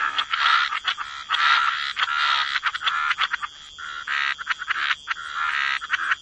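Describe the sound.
Overlapping frog croaks blend into a loud, rough chorus with brief dips and a few quieter gaps.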